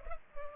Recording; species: mosquito wingbeat signal from an infrared sensor; Culex pipiens